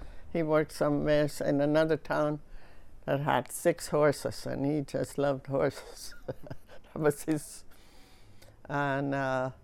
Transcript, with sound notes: He worked somewheres in another town that had six horses, and he just loved horses. (she laughs) It was his, and